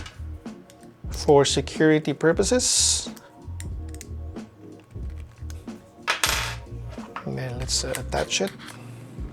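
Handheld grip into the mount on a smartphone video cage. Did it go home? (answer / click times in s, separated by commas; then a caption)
no / none. A handheld grip is being lined up with the quick-release mount on a metal video cage rigged on an iPhone 16 Pro Max, with light handling taps and small knocks over background music while someone talks. The grip has not clicked or seated into the mount yet.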